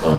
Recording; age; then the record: pig call; piglet (1 to 25 days)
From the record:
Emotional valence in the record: positive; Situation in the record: reunion after long isolation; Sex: female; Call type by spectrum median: low-frequency call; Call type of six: low-frequency tonal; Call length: 0.18 s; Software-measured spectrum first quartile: 199 Hz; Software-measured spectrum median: 413 Hz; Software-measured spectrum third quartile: 674 Hz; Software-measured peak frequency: 480 Hz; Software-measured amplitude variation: 109 dB a second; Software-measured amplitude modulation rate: 8.1 a second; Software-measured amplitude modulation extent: 13.4 dB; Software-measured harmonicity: 1.0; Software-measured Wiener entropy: -0.90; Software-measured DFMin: 1324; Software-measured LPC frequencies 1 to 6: 470, 989, 2999, 4184, 4581, 6516 Hz